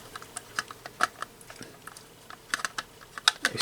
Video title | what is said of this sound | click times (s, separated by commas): AFV CLUB STRYKER M1130 1 35 UPDATE 1 | slightly an overlap there you go and hear the click and you can eat all clicking into place and | 3.3 s, 3.4 s